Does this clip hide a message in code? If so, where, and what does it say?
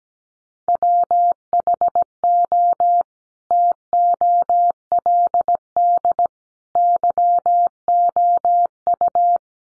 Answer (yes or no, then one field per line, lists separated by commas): yes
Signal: Morse code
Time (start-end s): 0.7-9.4 s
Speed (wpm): 17 wpm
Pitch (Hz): 700 Hz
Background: none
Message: WHO TOLD YOU